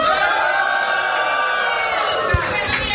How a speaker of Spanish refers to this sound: Eso sí era un grito de júbilo.